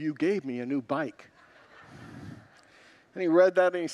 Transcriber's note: congregants laugh